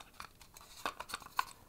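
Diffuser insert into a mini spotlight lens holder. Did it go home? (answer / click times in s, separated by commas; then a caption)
no / none. A white diffuser insert is handled and turned in the front lens holder of a Falcon Eyes P-5TD mini spotlight, giving scattered light plastic ticks and scrapes with sharper taps near 0.2, 0.9, 1.1 and 1.4 seconds. The insert is meant to twist-lock into the holder, but nothing has seated or clicked yet.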